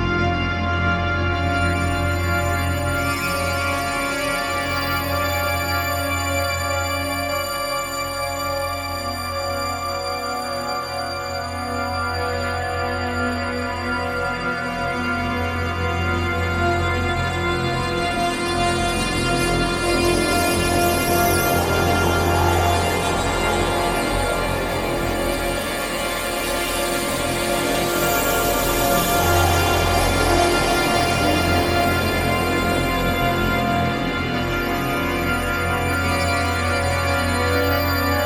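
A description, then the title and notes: A synthesized gong-rub drone holds steady for the whole stretch, thick with layered ringing tones over a deep, constant hum. Brighter shimmering overtones swell in the middle, peaking around twenty-five to thirty seconds, then ease back while the low bed stays unchanged. Gongrub Atmosphere - Elevation For Icarus. Improvising with a drone patch from Elevation which combines re-synthesized rubbed gong sounds with FM synthesis.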